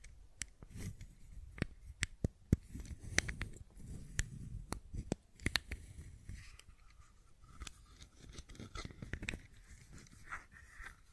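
Sharp taps and clicks from a fidget cube come in irregular bursts, dense in the first half and sparser later, over soft low rustling.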